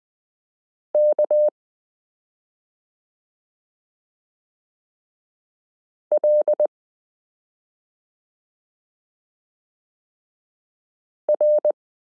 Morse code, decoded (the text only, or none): KLR